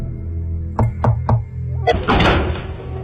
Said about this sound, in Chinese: 田庄的外面有一栋茅屋，狄公下马令四名衙役在路口待命，他带了洪亮、乔泰、马荣三个人到那茅屋的门前开始敲门。